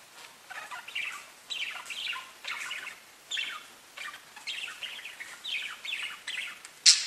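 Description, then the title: Budgerigar giving short chirps in little bursts about every half to one second, ending on a sharp high squeak. "Budgie Sounds"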